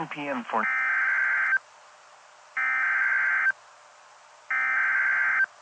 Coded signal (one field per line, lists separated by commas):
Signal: Emergency Alert System (SAME) tones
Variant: header bursts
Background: speech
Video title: DOUBLE HEADER! FLASH FLOOD WARNING AND SEVERE THUNDERSTORM WARNING! (EAS #29-30)